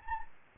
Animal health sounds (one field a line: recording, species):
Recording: mosquito wingbeat signal from an infrared sensor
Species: Anopheles gambiae